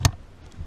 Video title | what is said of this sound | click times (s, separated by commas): Focus XR5 Turbo mk2 ST225 RS pollen filter replacement how to guide DIY | most plug all the way home until it clicks | 0.0 s